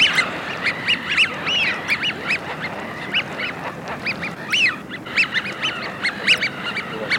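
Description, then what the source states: Eurasian wigeon whistling, many rising-falling 'wheeoo' notes in quick succession, almost continuous, above a constant hiss. Wigeon calls for use as a hunting lure.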